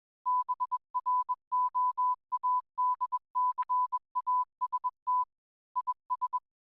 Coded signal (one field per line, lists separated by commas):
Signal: Morse code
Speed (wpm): 21 wpm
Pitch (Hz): 1000 Hz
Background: none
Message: BROADCAST IS